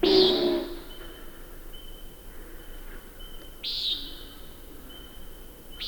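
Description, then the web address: Common nighthawk calls: a few harsh nasal buzzes, one loud at the start and fainter ones later, over a steady high-pitched hum. "Songs of Birds of North America Know Your Bird Sounds. Common Nighthawk"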